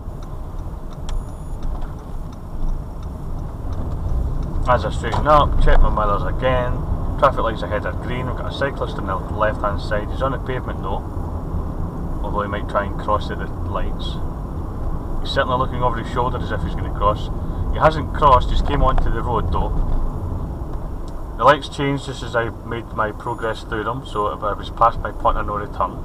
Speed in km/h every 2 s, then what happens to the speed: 19, 23, 24, 29, 32, 32, 32, 32, 31, 29, 29, 27, 29.
0-7 speeds up to 32. 7-26 steady at about 31.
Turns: 0-4.